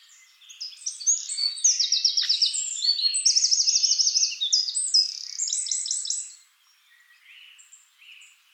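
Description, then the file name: Eurasian wren song, a vigorous cascade of high, rapid trills and chattering notes, then quieter bird calls. "Troglodytes troglodytes"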